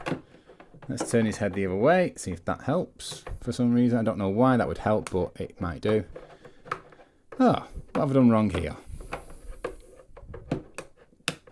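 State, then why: Seated. Someone talks while working a plastic transformation joint on a Transformers Age of the Primes Commander Class Silverbolt combiner robot toy, stuck mid-transformation into combined mode because the joints had not clicked, amid small handling taps and knocks. At 11.3 s the plastic part clicks home into place with one loud, sharp snap.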